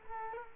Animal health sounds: mosquito wingbeat signal from an infrared sensor; Culex quinquefasciatus

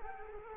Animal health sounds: mosquito wingbeat signal from an infrared sensor; Culex quinquefasciatus

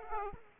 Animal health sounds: mosquito wingbeat signal from an infrared sensor; Aedes aegypti

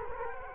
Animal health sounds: mosquito wingbeat signal from an infrared sensor; Culex quinquefasciatus

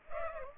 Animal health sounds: mosquito wingbeat signal from an infrared sensor; Culex pipiens

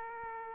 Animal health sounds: mosquito wingbeat signal from an infrared sensor; Aedes aegypti

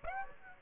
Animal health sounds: mosquito wingbeat signal from an infrared sensor; Aedes aegypti

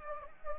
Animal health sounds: mosquito wingbeat signal from an infrared sensor; Anopheles gambiae

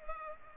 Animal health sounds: mosquito wingbeat signal from an infrared sensor; Culex pipiens

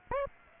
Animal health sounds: mosquito wingbeat signal from an infrared sensor; Aedes aegypti

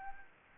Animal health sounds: mosquito wingbeat signal from an infrared sensor; Anopheles gambiae

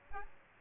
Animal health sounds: mosquito wingbeat signal from an infrared sensor; Aedes aegypti

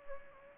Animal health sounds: mosquito wingbeat signal from an infrared sensor; Anopheles gambiae

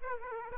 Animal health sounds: mosquito wingbeat signal from an infrared sensor; Aedes aegypti

